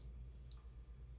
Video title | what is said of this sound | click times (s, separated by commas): Shure UniPlex Lavalier Microphone First Look and Listen | snaps in place it's foam on the top | 0.5 s